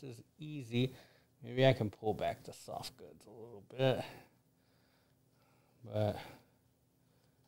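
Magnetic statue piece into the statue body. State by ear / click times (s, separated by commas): not seated / none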